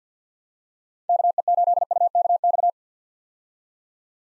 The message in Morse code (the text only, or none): KE8UKX